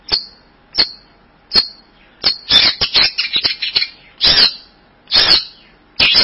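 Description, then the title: Bird giving spaced sharp chirps, then a rough, busy burst of chattering notes, followed by longer harsh chirps. "burung online"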